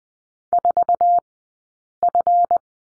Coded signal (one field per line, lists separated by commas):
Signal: Morse code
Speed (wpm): 20 wpm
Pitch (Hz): 700 Hz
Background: none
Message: 4F